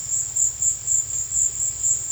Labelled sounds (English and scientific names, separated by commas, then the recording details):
none
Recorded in secondary vegetation near Puerto Asís, Putumayo, Colombia, on 28 February 2025 at 16:00
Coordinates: 0.498, -76.327
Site G001